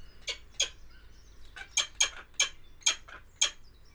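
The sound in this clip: Lanner falcon uttering several sharp, ringing, harsh notes, spaced irregularly with a pause after the first two.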